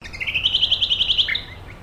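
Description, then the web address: Brown honeyeater call: a rapid series of bright chirps, rising slightly then level, ending in a lower, slurred note. "Sound Effects-Foundation 1 BIRD BROWN HONEY EATER CALL"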